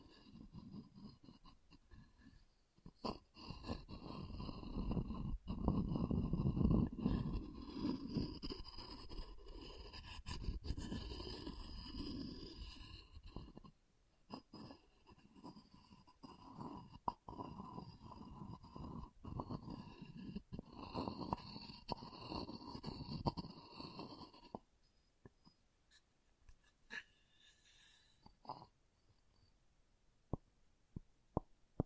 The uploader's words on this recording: ASMR Calming Wood Triggers for Sleep (No Talking).